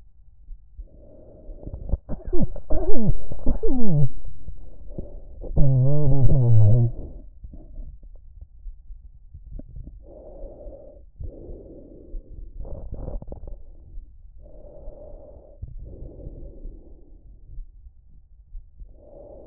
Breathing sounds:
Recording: lung sounds by stethoscope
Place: trachea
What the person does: quiet breathing, then cough and speech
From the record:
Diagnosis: COPD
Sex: male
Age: 77 years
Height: 164 cm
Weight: 58.2 kg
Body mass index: 21.6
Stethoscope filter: extended mode

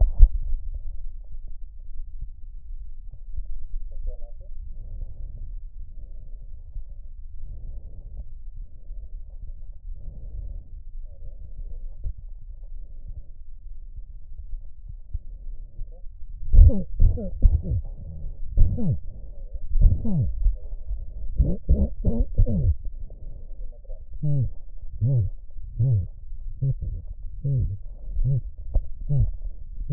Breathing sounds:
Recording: lung sounds by stethoscope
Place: right anterior apical chest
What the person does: quiet breathing, then cough and speech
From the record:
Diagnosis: COPD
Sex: male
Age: 70 years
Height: 170 cm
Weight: 74 kg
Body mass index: 25.6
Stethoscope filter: extended mode

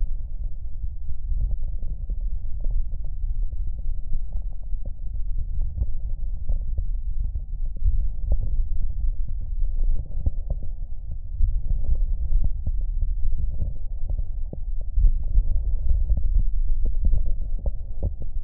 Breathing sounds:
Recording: lung sounds by stethoscope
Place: left anterior apical chest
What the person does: quiet breathing, then deep breathing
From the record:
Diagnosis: COPD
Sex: male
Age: 80 years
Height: 171 cm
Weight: 75 kg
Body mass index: 25.6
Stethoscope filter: extended mode

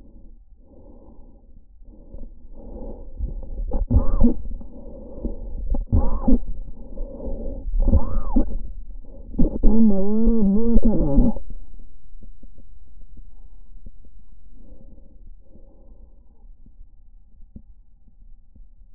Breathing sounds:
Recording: lung sounds by stethoscope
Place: trachea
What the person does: quiet breathing, then cough and speech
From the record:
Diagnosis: asthma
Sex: female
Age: 74 years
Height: 155 cm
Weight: 63 kg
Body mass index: 26.2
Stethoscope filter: diaphragm mode

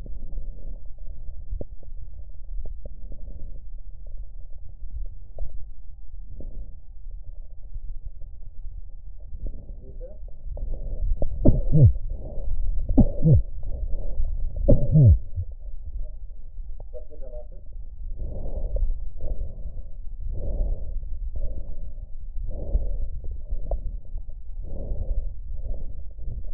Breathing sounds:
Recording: lung sounds by stethoscope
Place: left posterior basal chest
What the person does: quiet breathing, then deep breathing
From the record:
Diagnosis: COPD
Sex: female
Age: 80 years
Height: 160 cm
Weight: 62 kg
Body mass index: 24.2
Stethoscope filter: extended mode

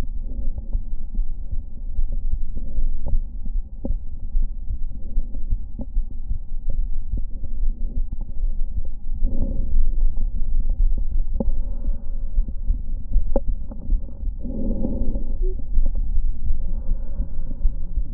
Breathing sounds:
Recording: lung sounds by stethoscope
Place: left anterior apical chest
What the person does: quiet breathing, then deep breathing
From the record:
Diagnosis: interstitial lung disease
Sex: female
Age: 61 years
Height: 155 cm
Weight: 75.5 kg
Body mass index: 31.4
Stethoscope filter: diaphragm mode

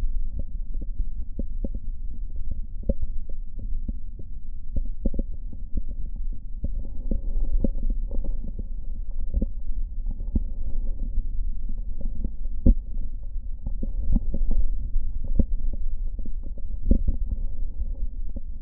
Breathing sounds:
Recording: lung sounds by stethoscope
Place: right posterior basal chest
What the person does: quiet breathing, then deep breathing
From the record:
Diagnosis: COPD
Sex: male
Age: 78 years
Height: 162 cm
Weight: 66.4 kg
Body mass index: 25.3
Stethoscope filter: diaphragm mode

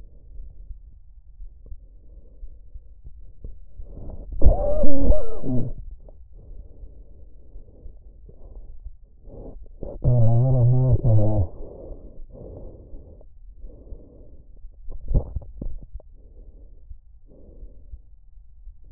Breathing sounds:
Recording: lung sounds by stethoscope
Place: trachea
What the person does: quiet breathing, then cough and speech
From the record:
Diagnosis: interstitial lung disease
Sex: male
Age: 74 years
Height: 160 cm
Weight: 54 kg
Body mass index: 21.1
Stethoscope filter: extended mode

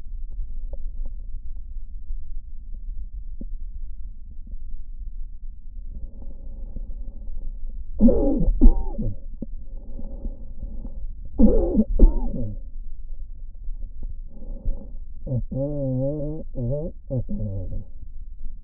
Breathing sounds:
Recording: lung sounds by stethoscope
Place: left posterior basal chest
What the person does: quiet breathing, then cough and speech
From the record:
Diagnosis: interstitial lung disease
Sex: male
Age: 75 years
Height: 167 cm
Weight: 68 kg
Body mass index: 24.4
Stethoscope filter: diaphragm mode

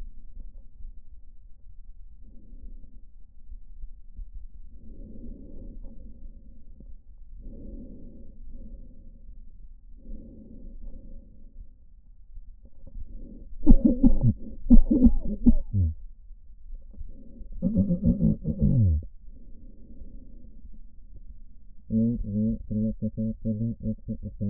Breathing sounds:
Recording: lung sounds by stethoscope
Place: left posterior apical chest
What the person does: quiet breathing, then cough and speech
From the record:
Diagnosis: none (healthy)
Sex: male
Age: 45 years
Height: 173 cm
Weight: 92 kg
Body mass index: 30.7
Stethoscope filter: diaphragm mode

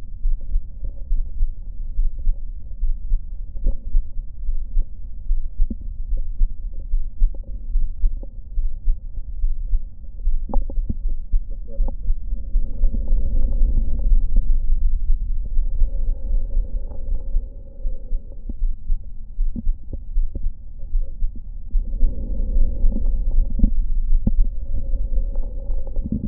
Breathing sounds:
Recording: lung sounds by stethoscope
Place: right anterior apical chest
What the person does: quiet breathing, then deep breathing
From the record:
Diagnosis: none (healthy)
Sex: male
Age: 35 years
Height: 186 cm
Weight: 108 kg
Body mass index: 31.2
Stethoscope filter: diaphragm mode

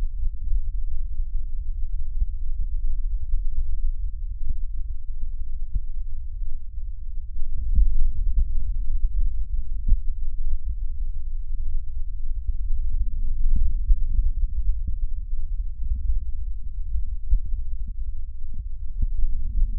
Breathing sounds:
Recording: lung sounds by stethoscope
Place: right posterior basal chest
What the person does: quiet breathing, then deep breathing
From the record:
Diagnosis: interstitial lung disease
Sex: male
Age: 72 years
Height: 170 cm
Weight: 62.9 kg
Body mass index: 21.8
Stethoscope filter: bell mode

